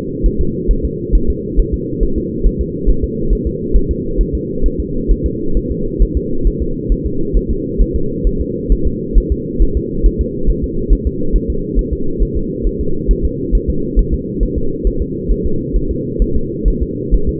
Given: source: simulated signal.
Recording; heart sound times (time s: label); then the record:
fetal heart sounds
0.26 s: S1
0.41 s: S2
0.71 s: S1
0.85 s: S2
1.15 s: S1
1.30 s: S2
1.60 s: S1
1.74 s: S2
2.03 s: S1
2.18 s: S2
2.46 s: S1
2.61 s: S2
2.89 s: S1
3.04 s: S2
3.33 s: S1
3.47 s: S2
3.76 s: S1
3.91 s: S2
4.21 s: S1
4.35 s: S2
4.66 s: S1
4.80 s: S2
5.11 s: S1
5.26 s: S2
5.57 s: S1
5.71 s: S2
6.02 s: S1
6.17 s: S2
6.47 s: S1
6.62 s: S2
6.92 s: S1
7.06 s: S2
7.37 s: S1
7.51 s: S2
7.82 s: S1
7.96 s: S2
8.27 s: S1
8.41 s: S2
8.72 s: S1
8.87 s: S2
9.18 s: S1
9.32 s: S2
9.62 s: S1
9.77 s: S2
10.06 s: S1
10.21 s: S2
10.50 s: S1
10.64 s: S2
10.93 s: S1
11.07 s: S2
11.36 s: S1
11.50 s: S2
11.79 s: S1
11.93 s: S2
12.23 s: S1
12.37 s: S2
12.67 s: S1
12.81 s: S2
13.11 s: S1
13.25 s: S2
13.55 s: S1
13.70 s: S2
13.99 s: S1
14.14 s: S2
14.43 s: S1
14.58 s: S2
14.87 s: S1
15.02 s: S2
15.32 s: S1
15.46 s: S2
15.76 s: S1
15.91 s: S2
16.22 s: S1
16.37 s: S2
16.68 s: S1
16.82 s: S2
17.14 s: S1
17.29 s: S2
From the record:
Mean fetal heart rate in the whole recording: 135 bpm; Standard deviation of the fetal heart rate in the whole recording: 3 bpm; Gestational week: 36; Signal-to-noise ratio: -8.1 dB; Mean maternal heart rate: 72 bpm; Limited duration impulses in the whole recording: absent